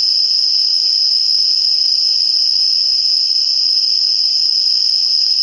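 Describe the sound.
Aomatsumushi tree cricket song, a sustained piercing high trill running the whole time, with light background noise beneath.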